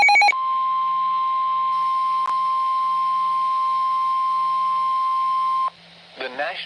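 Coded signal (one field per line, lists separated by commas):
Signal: Emergency Alert System (SAME) tones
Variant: 1050 Hz attention tone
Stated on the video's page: Flash Flood Warning from the LWX forecast office.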